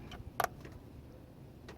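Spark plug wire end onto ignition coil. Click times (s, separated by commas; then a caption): 0.4 s. The end of a spark plug wire on a GM LS4 engine is pushed onto the ignition coil and snaps into place. A sharp click is heard at 0.4 s, and the wire is seated. Fainter handling knocks and rustles come before and after it.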